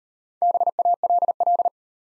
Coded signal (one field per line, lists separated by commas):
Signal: Morse code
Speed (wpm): 37 wpm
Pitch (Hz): 700 Hz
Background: none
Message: BALL